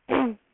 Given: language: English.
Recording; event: throat vibration sensor signal played as sound; throat clearing